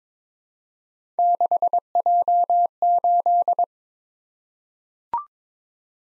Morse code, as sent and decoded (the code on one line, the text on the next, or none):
-.... .--- ---..
6J8